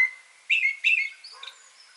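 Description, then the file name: Common blackbird: a thin high whistle, then two loud chattering notes in quick succession, followed by fainter high squeaks. "Turdus merula"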